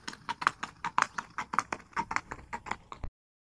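Horse running, quick uneven clopping hoof strikes for three seconds, then silence at the end.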